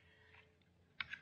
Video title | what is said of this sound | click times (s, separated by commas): THIS 1$ TRICK CAN SAVE YOU MONEY - AUDI TT MK3 8S LICENCE PLATE LIGHT | a click here a click there and then this thing | 1.0 s, 1.1 s